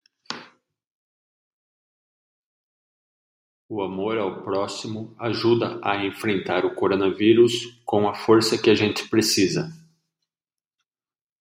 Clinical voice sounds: spoken sentence; Brazilian Portuguese; male; 40 to 49 years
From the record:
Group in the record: control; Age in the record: 45 years

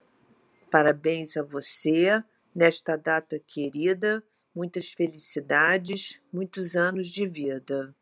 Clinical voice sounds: short text; Brazilian Portuguese; female; 60 to 69 years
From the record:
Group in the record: control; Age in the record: 62 years

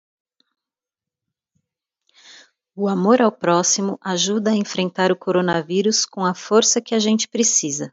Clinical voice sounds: spoken sentence; Brazilian Portuguese; female; 40 to 49 years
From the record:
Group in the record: control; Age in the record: 46 years

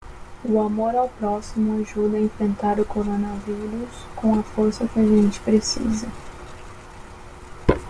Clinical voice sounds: spoken sentence; Brazilian Portuguese; female; 30 to 39 years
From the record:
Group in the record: control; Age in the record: 31 years

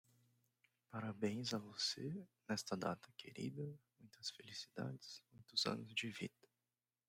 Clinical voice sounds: short text; Brazilian Portuguese; male; 20 to 29 years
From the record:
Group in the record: control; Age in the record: 27 years

